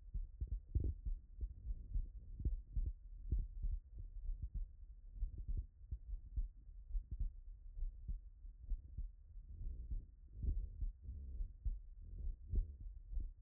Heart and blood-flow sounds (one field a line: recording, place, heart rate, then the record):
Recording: heart sounds by stethoscope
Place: Erb's point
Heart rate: 67 bpm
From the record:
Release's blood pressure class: elevated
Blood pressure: 129/72 mmHg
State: after exercise